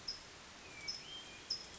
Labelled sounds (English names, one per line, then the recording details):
California Towhee
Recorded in Sonoma County, California